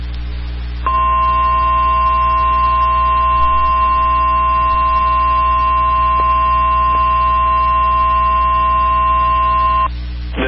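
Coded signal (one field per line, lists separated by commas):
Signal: Emergency Alert System (SAME) tones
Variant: 1050 Hz attention tone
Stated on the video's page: Valid EAS tones from a severe thunderstorm warning.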